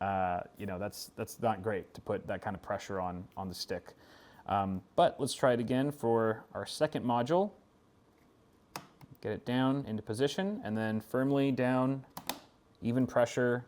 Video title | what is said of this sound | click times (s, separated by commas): Building a PC from start to finish! | and there were both clicks I could hear both clicks it's a very satisfying snap slclick | 8.8 s, 9.0 s